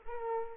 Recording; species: mosquito wingbeat signal from an infrared sensor; Culex pipiens